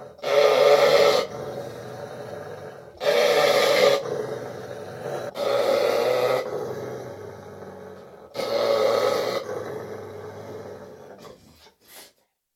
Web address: BBC Dogs Snarling BBC ECD 38 threatening-to-attack-close-perspective-recording-slightly-right-of-stereo-image